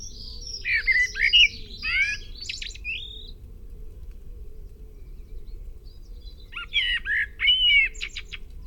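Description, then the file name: Common blackbird with two bursts of song, mellow whistled warbles mixed with thin high squeaky notes, a few seconds of quiet between them and a low steady rumble. "Turdus merula"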